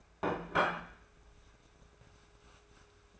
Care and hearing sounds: daily activity, microphone in the room; place plate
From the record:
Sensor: 2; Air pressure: 1014.9 hPa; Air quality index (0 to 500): 206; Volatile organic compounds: 21 ppm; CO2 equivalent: 2728 ppm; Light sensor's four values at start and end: 23/52/23/25 and 18/37/18/20

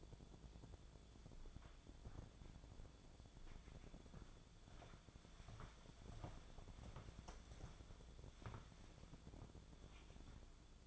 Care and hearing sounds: daily activity, microphone in the room; walk to room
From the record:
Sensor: 5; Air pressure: 1000.1 hPa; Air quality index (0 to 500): 87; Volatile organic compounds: 1 ppm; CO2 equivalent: 715 ppm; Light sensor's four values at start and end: 358/891/373/418 and 373/907/386/437

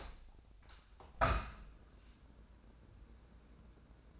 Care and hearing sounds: daily activity, microphone in the room; open window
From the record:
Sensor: 2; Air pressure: 1012.2 hPa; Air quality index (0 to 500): 126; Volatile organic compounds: 1 ppm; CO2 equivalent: 934 ppm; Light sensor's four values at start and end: 160/387/162/168 and 161/387/163/170

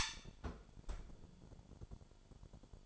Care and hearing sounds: daily activity, microphone in the room; close fridge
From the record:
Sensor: 5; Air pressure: 1007.9 hPa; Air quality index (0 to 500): 97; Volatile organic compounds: 1 ppm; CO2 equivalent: 756 ppm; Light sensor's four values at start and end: 39/89/37/38 and 38/88/37/38

